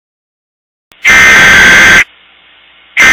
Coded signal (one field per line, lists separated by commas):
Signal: Emergency Alert System (SAME) tones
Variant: header bursts